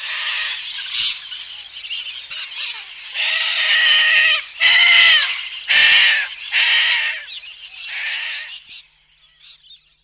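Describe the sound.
Little corella screeching, grating nasal squawks strung together in loud bursts, fading to quieter calls near the end.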